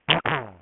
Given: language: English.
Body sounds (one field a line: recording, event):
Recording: throat vibration sensor signal played as sound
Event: throat clearing